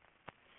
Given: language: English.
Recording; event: throat vibration sensor signal played as sound; swallow